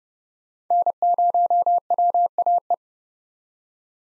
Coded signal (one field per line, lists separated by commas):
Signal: Morse code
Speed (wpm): 32 wpm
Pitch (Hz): 700 Hz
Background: none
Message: N0WAE